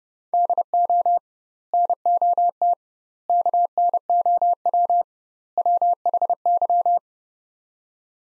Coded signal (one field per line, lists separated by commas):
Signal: Morse code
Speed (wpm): 30 wpm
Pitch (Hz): 700 Hz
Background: none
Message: DO NOT KNOW WHY